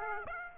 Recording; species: mosquito wingbeat signal from an infrared sensor; Aedes aegypti